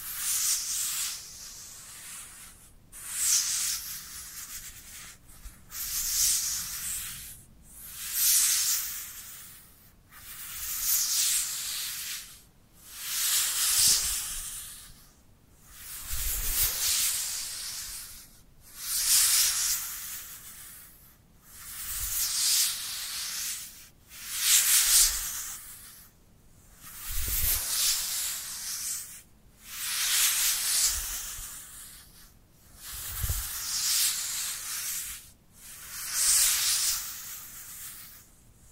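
Dry hands rub together in steady back-and-forth strokes, a bright hissing swish roughly every two to three seconds with occasional low thumps.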